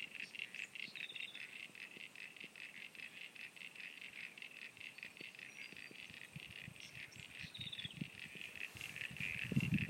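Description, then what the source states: Frog chorus of fast, high pulsed notes repeated continuously, with low thumps and rustling building toward the end. At Sunny Corner.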